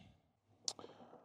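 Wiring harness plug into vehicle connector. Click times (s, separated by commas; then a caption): 0.7 s. The other end of a CT Mods grille light-bar wiring harness on a Cybertruck is pushed into its mating plastic vehicle connector. A sharp, bright click sounds at 0.7 s, followed by a softer tick at 0.8 s against a low background. The connector seats.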